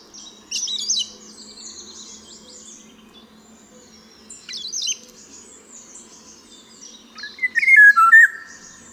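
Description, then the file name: Eurasian golden oriole song: a short liquid, fluty phrase dropping in pitch near the end, after scattered high chirps. "Wilga"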